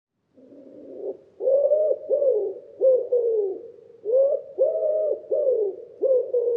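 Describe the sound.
Common Wood Pigeon cooing, a loud series of soft, hollow, slightly rising and falling coos grouped in rhythmic phrases, with nothing else clearly heard.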